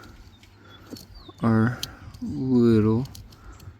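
A small plastic headlight wiring plug is handled at its mating socket on a Jeep LED headlight harness while someone talks, with faint light taps in the background. The plug has not gone home, and nothing has seated or clicked yet.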